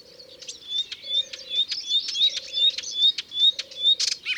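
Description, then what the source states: Melodious warbler song of quick twittering phrases with clear whistled slurs recurring, plus a low, level hooting note repeated about every second. Recorded in Ardèche.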